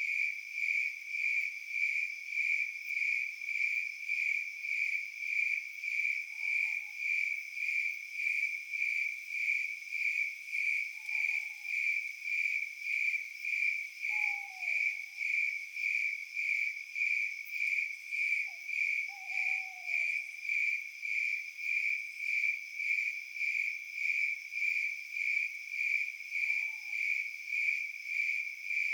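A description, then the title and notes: Crickets pulse steadily and brightly through a night forest, while an owl gives soft low calls around the middle of the clip. Forest Sounds at Night owls, crickets. Forest ambiance.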